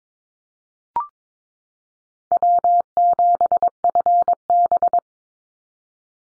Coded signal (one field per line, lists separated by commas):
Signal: Morse code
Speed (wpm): 22 wpm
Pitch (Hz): 700 Hz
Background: none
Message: W7FB